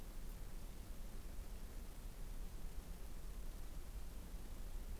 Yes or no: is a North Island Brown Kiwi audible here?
no